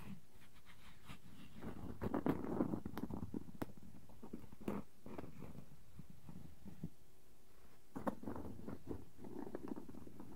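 Wooden objects tap and scratch against each other in an uneven stream of small knocks and rubbing sounds. Sharp clicks stand out near two, four and a half, and eight seconds, while low scraping swells come and go throughout, busiest around two seconds and again near the end.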